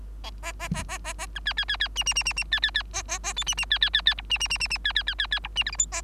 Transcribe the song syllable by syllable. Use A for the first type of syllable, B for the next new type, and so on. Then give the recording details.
A A A A A A B C C C C D D D D D C C C A A A E D D C C C C F D D D D D C C C C C F D G H I A. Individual Bird3